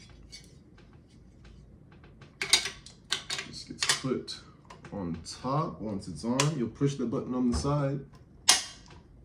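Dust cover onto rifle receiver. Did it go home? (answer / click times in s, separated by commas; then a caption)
yes / 8.5 s. A steel dust cover is set on top of the receiver of a Zastava M70 AK47 rifle during reassembly while someone talks. There are metallic clicks and handling sounds from about 2.4 to 3.9 seconds. The button on the side is pushed, and the cover snaps and locks into place with a sharp click at 8.5 seconds.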